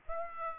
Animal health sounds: mosquito wingbeat signal from an infrared sensor; Aedes aegypti

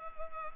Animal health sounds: mosquito wingbeat signal from an infrared sensor; Culex pipiens

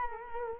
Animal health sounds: mosquito wingbeat signal from an infrared sensor; Culex quinquefasciatus

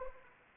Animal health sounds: mosquito wingbeat signal from an infrared sensor; Anopheles arabiensis

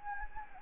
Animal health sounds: mosquito wingbeat signal from an infrared sensor; Anopheles gambiae

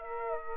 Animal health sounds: mosquito wingbeat signal from an infrared sensor; Aedes aegypti

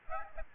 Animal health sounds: mosquito wingbeat signal from an infrared sensor; Aedes aegypti

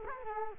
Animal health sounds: mosquito wingbeat signal from an infrared sensor; Culex quinquefasciatus

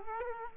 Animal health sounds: mosquito wingbeat signal from an infrared sensor; Aedes aegypti

